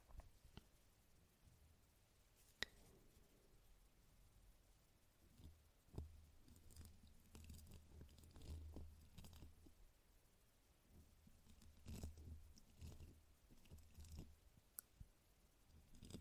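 Brushing on a microphone, with and without a windscreen, makes a low rumbling rub that swells and fades in patches. Sharp scratchy ticks and taps land irregularly, with a loud crack near 2.5 seconds and another around 15 seconds.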